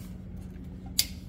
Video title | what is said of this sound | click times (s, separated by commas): 2005-2014 Toyota Tacoma fuel pump replacement | all right, so make sure you hear it clip, try pulling it back, and now we're ready for the install. | 1.0 s